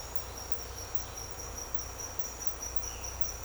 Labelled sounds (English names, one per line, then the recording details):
none
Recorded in secondary vegetation near Puerto Asís, Putumayo, Colombia, on 16 December 2024 at 07:30
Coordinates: 0.502, -76.326
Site G028